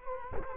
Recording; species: mosquito wingbeat signal from an infrared sensor; Culex quinquefasciatus